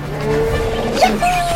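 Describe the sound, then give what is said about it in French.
An elephant, bought by Fogg to carry them to Calcutta, trumpets in a loud, brassy, sustained blare whose pitch wavers and then jumps higher near the end, lasting about a second and a half with no talking. “Fogg, plein de ressources, achète un éléphant et trouve un guide.”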